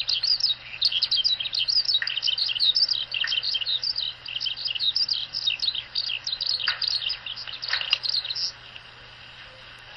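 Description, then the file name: Eurasian skylark song, a long unbroken stream of high, rapid twittering and chirping notes, varied and tumbling, stopping about a second and a half before the end; a low steady hum underneath. On the ground, 2 May 2014. "ヒバリ地上 140502 遠藤"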